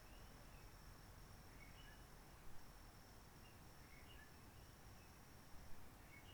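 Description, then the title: Réunion bulbul song: faint short whistled phrases in the mid-high range, spaced a few seconds apart, over steady low rumble and a thin constant high insect tone. Roche Merveilleuse forest, Réunion; quiet during lockdown from 19 March 2020, no people, ultralights or helicopters; sunny blue sky; birds not very active; sings simpler short phrases, adapted to aircraft noise. "Roche Merveilleuse, Réunion - Merle de lîle de la Réunion."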